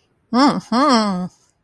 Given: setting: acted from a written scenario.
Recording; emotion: vocal sound without words; pride